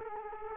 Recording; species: mosquito wingbeat signal from an infrared sensor; Culex quinquefasciatus